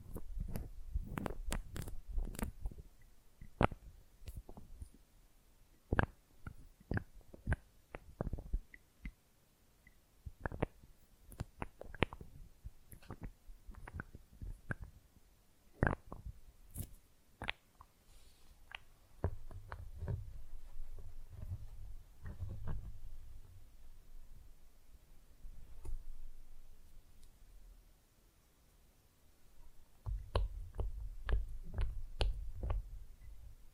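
Sharp nail taps and clicks come in irregular bursts, dense early and near the end, over soft low rubbing and a quiet pause around 28 seconds.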